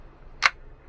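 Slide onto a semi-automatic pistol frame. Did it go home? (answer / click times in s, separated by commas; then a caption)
yes / 0.5 s. The slide of a Walther P22 semi-automatic pistol is squeezed between forefinger and thumb and pushed forward onto the frame during reassembly after field stripping for cleaning. A single sharp, bright tick sounds at 0.5 s over a quiet low background hum as the slide seats into place.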